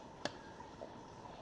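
A child presses a black plastic building-brick piece into a hole on a toy fire truck. A sharp, short snap is heard at 0.2 s as the piece seats, followed by low background noise.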